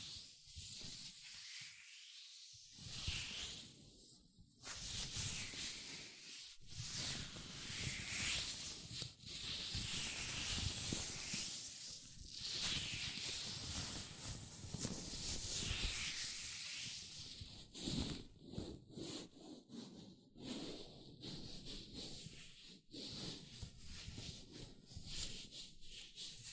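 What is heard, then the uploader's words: Latex gloves rubbing and stretching between hands, a dense bright squeaky friction with sweeping swells, pauses near two and six seconds, then choppier snapping bursts. ASMR Latex Gloves Hand Sounds (No Talking).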